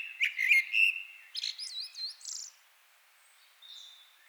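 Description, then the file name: Common blackbird song: loud mellow fluted notes, then a wavering high squeaky twitter, a pause, and a faint high note near the end. "Turdus merula"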